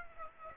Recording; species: mosquito wingbeat signal from an infrared sensor; Aedes aegypti